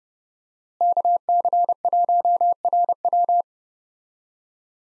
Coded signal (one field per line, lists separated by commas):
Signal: Morse code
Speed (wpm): 31 wpm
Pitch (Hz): 700 Hz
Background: none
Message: KC1RW